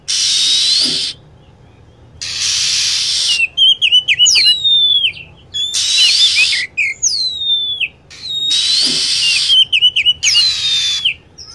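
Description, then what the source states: Lovebird calls: shrill, harsh chattering bursts about a second long, alternating with sharp, sweeping whistled notes, repeated throughout. Lure sound used to attract lovebirds.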